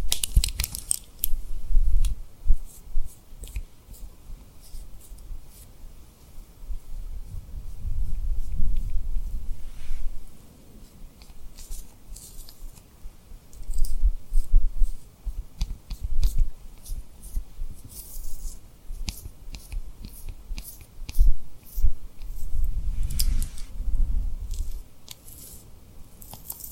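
Tapping and rubbing on a rhinestone-covered surface, with sharp crisp clicks scattered through the clip alongside soft rustling and wet mouth-like sounds. Low, muffled rubbing swells rise around 7–10 seconds, 14–17 seconds and 23–25 seconds, separated by quieter, sparser tapping.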